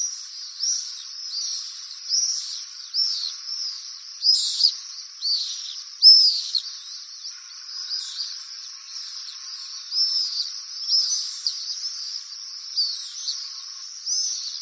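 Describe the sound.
Bird chirps: high, thin twittering notes that run steadily throughout, with some sharper, louder chirps scattered through.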